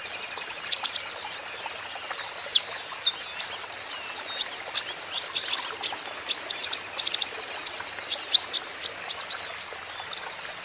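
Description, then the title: Van Hasselt's sunbird song: high, sharp twitters in rapid runs, a brief lull, then more steady bursts of quick chirps. Young green-plumaged (ijoan) konin singing constantly (gacor), used as lure and therapy for untrained caged konin so they answer back. "KOLIBRI NINJA KONIN IJOAN GACOR COCOK UNTUK PANCINGAN TERAPI KONIN BAHAN PASTI NYAUT"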